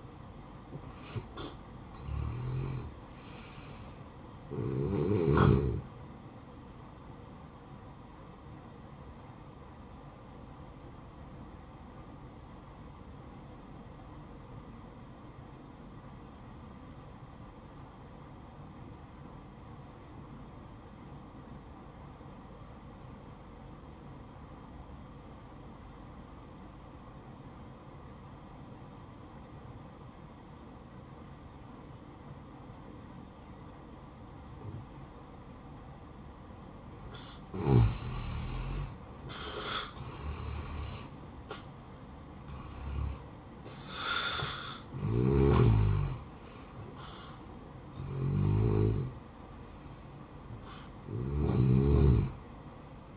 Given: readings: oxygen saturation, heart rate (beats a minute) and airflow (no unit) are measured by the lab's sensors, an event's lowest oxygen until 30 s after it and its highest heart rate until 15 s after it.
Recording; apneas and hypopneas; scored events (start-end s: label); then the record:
breathing in sleep by a smartphone at the bedside; 1
3.00-53.17 s: new sleep stage, N1 (lightest sleep)
9.00-38.00 s: hypopnea (N1, oxygen 95% highest, then 83% lowest, heart rate 61 at the start, 74 highest)
From the record:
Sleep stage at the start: N2 (light sleep); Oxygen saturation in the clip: 83 to 95%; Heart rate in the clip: 61 to 76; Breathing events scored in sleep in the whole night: 573 in 9.8 hours asleep